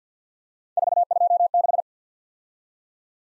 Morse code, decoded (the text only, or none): 426